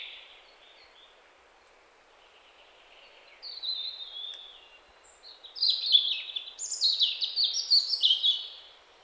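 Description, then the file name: European robin song, quiet at first, then a burst of high, tinkling, jumbled notes rising and falling in the second half. "Erithacus rubecula"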